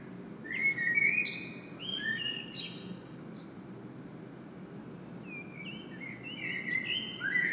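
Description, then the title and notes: Common blackbird song: two warbled whistled phrases separated by a pause, each ending in high scratchy notes, over a low steady hum. Blackbird singing at Saint-Gilles, Belgium; Sony PCM-M10 internal microphone. "Saint-Gilles, Belgique - Blackbird singing. Le merle chante. Sony PCM-M10 internal microphone"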